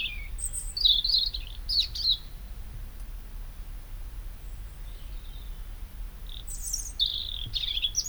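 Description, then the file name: European robin singing high, tinkling trills and thin whistles in quick clusters, a quieter gap midway before another bright, jumbled phrase. "Erithacus rubecula"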